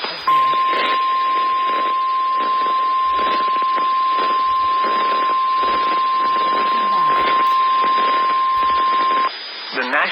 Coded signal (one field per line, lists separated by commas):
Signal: Emergency Alert System (SAME) tones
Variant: 1050 Hz attention tone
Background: speech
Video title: LOT issues another SVR for Ford, Iroquois, Kankakee, Livingston, IL & Lake, IN (EAS #238)